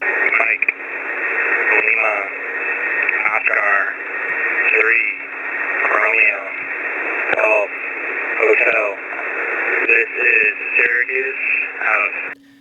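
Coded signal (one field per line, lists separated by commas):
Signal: coded military voice message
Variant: Emergency Action Message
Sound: a voice reading a message over hissy, band-limited shortwave radio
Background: radio static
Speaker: let me just play a little clip of this emergency action message from last night during this whole chaos in Ukraine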